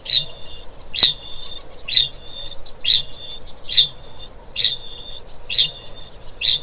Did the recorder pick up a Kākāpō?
yes